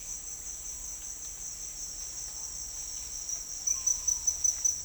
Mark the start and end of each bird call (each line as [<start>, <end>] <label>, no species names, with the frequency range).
[3.69, 4.38] bird call (0.6-1.7 kHz)